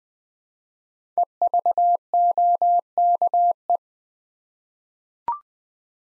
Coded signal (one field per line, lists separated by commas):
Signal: Morse code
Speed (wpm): 20 wpm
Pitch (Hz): 700 Hz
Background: none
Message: EVOKE